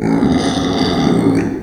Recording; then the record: squeal of a Yucatan mini pig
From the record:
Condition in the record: before surgery on the right vocal fold (resection and tissue-engineered implant); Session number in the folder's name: 3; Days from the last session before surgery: 0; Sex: female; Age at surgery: 19 weeks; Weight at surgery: 25 kg